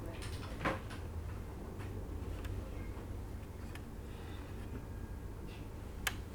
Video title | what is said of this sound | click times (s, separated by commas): Tamiya - 1/48 F-4B Phantom Build Part 7 - #askHearns | okay so this is dropped straight into place there's a little click which is nice | 6.1 s